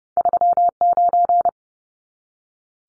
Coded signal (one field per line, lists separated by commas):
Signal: Morse code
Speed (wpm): 30 wpm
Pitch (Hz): 700 Hz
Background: none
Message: 39